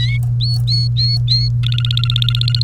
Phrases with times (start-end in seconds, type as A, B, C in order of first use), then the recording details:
0.40-1.48 A, 1.63-2.63 B. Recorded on 1 May 2018 at 09:57. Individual llb3